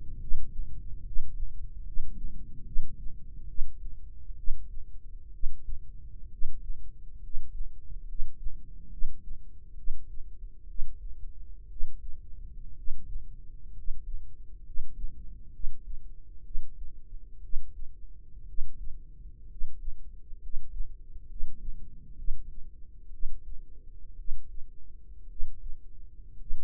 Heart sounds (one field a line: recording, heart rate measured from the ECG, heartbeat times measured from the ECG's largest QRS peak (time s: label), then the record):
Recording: heart sounds by microphone in the right ear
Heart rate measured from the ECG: 64 bpm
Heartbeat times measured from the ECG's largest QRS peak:
0.16 s: heartbeat
1.00 s: heartbeat
1.81 s: heartbeat
2.62 s: heartbeat
3.45 s: heartbeat
4.34 s: heartbeat
5.29 s: heartbeat
6.27 s: heartbeat
7.18 s: heartbeat
8.04 s: heartbeat
8.88 s: heartbeat
9.74 s: heartbeat
10.65 s: heartbeat
11.66 s: heartbeat
12.73 s: heartbeat
13.71 s: heartbeat
14.61 s: heartbeat
15.50 s: heartbeat
16.41 s: heartbeat
17.39 s: heartbeat
18.44 s: heartbeat
19.45 s: heartbeat
20.38 s: heartbeat
21.25 s: heartbeat
22.14 s: heartbeat
23.09 s: heartbeat
24.15 s: heartbeat
25.26 s: heartbeat
26.35 s: heartbeat
From the record:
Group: healthy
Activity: cold pressor test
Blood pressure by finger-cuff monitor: 98/53 mmHg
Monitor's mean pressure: 65 mmHg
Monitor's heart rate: 65 bpm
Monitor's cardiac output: 5.5 L/min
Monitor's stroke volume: 86 mL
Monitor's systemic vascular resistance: 820 dyn s/cm5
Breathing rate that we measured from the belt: 9 breaths a minute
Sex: male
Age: 25 years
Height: 170 cm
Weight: 70.4 kg